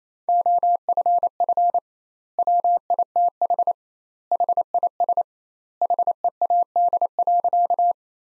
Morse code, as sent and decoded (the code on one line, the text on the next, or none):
--- ..-. ..-. / .-- .. - .... / .... .. ... / .... . .- -.. .-.-.-
OFF WITH HIS HEAD.